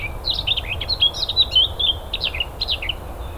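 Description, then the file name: Eurasian blackcap song: a lively warble of quick twittering notes broken by bright, clear whistles, over a low continuous hum. "Sylvia atricapilla"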